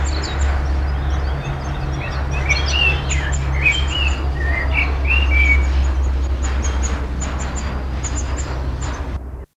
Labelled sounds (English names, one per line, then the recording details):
Atlantic Canary call
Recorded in the wild
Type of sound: call
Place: Teneriffa, Kanarische Inseln, Provinz Santa Cruz de Tenerife, ES
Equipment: Halbspur, 9,5 cm/s
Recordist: Lütgens, Hans
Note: Flügge Junge